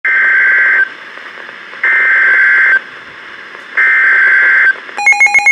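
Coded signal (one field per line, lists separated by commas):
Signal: Emergency Alert System (SAME) tones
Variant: header bursts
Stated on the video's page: Tornado warning tones received on a Midland WR-400 weather radio from a NOAA weather radio station.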